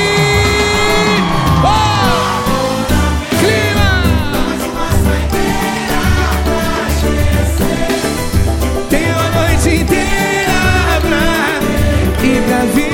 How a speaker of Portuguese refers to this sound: Quem tá solteiro dá um grito aí.